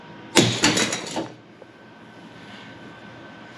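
A cylinder head stud in the engine block of a small mini-jeep engine is tightened with a torque wrench toward 20 ft-lb instead of the 11 ft-lb spec. A sharp crack at 0.4 s marks the stud breaking, and a cluster of rattling, scraping hits follows over the next second before only a low steady hum remains. The stud is broken and the bolt has stripped out.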